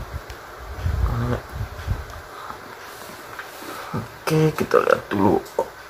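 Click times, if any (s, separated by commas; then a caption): none. The chin strap snap on a helmet's double D-ring strap is being handled, with someone talking and a few short ticks and rustles in the background. The clip ends before the snap closes, so nothing has seated or clicked yet.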